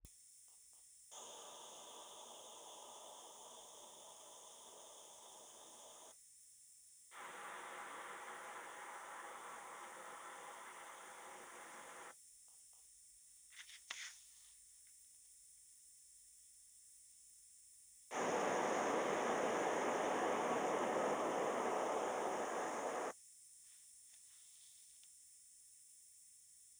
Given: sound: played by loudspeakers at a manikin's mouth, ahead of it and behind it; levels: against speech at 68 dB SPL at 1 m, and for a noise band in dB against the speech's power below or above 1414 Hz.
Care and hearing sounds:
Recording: test signals for a remote microphone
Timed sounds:
1.11-6.11 s: speech-spectrum noise from ahead
7.11-12.11 s: speech-spectrum noise from behind
18.11-23.11 s: speech-spectrum noise from the mouth, turned 45 degrees left
From the record:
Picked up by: remote microphone D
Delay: 24 ms

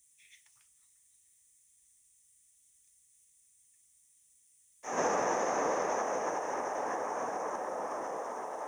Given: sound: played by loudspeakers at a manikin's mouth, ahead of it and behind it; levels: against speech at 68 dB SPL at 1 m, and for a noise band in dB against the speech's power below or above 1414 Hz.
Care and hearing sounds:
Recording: test signals for a remote microphone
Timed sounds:
4.83-8.67 s: speech-spectrum noise from the mouth, turned 45 degrees left
From the record:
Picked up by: remote microphone C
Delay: 23 ms

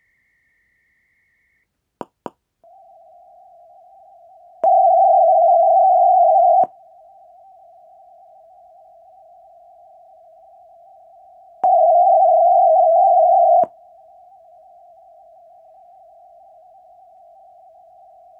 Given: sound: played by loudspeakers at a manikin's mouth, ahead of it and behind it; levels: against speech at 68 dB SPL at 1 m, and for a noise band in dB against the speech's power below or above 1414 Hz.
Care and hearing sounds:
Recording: test signals for a remote microphone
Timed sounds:
0.00-1.64 s: noise band at 2000 Hz, -10 dB
2.01 s: click
2.26 s: click
2.64-4.64 s: noise band at 707 Hz, -13 dB
4.64-6.64 s: noise band at 707 Hz, +22 dB
6.64-11.64 s: noise band at 707 Hz, -13 dB
11.64-13.64 s: noise band at 707 Hz, +22 dB
13.64-18.40 s: noise band at 707 Hz, -13 dB
From the record:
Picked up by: measurement microphone

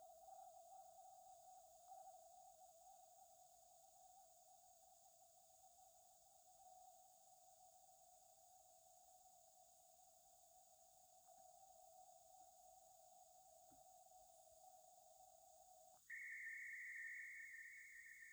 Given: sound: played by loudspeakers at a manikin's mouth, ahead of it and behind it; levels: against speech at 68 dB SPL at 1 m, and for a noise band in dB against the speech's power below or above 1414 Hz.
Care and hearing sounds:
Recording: test signals for a remote microphone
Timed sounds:
0.00-1.88 s: noise band at 707 Hz, -5 dB
1.88-6.58 s: noise band at 707 Hz, 0 dB
6.58-11.27 s: noise band at 707 Hz, +5 dB
11.27-15.97 s: noise band at 707 Hz, +10 dB
16.09-18.33 s: noise band at 2000 Hz, +10 dB
From the record:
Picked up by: remote receiver E, fed by microphone B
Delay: 43 ms

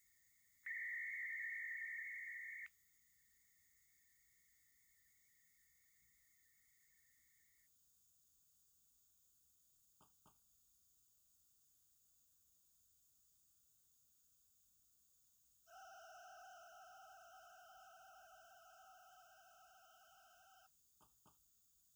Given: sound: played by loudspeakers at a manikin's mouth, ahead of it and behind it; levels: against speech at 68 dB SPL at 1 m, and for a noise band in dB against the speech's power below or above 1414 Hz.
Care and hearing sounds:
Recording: test signals for a remote microphone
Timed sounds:
0.00-0.66 s: noise band at 2000 Hz, -13 dB
0.66-2.66 s: noise band at 2000 Hz, +22 dB
2.66-7.66 s: noise band at 2000 Hz, -13 dB
10.04 s: click
10.29 s: click
15.66-20.66 s: four noise bands (707, 1414, 2828 and 5656 Hz), 50 dB SPL
21.04 s: click
21.29 s: click
From the record:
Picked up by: remote receiver E, fed by microphone B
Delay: 43 ms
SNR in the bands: 34 dB at 707 Hz, 30 dB at 1414 Hz, 21 dB at 2828 Hz, 8 dB at 5656 Hz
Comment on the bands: 5656 Hz is beyond upper edge of hearing aid matched gains

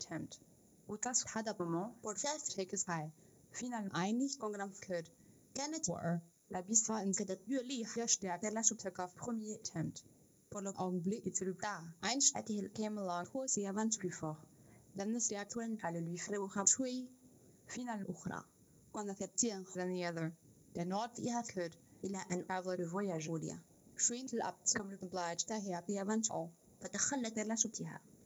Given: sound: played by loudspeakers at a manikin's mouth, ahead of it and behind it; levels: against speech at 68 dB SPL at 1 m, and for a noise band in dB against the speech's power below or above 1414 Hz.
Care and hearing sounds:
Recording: test signals for a remote microphone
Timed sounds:
0.00-28.26 s: speech test signal (ISTS)
From the record:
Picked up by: remote microphone A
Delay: 47 ms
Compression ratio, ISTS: 4.90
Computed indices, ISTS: SII 0.993, HASPI 0.999, HASQI 0.497 (non-linear 0.574, linear 0.866), ESTOI 0.858

